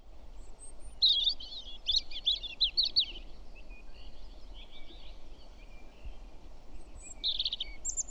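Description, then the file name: European robin song: a fast, high, scratchy warbled phrase, a quieter trailing section, then another brief high phrase, over steady low-frequency noise. "Erithacus rubecula"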